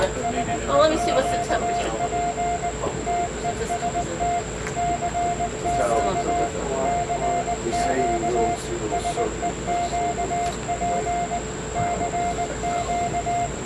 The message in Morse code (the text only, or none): SEQP TEST CQ CQ SEQP CQ